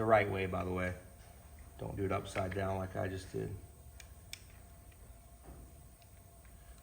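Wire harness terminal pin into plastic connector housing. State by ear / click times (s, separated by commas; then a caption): seated / 4.0 s, 4.3 s. Wire harness terminal pins are pushed into a plastic connector housing while repinning the harness for the alternate firing order. Someone talks, then two short clicks are heard at 4.0 s and 4.3 s, the second one sharp, and the terminals are seated in the housing.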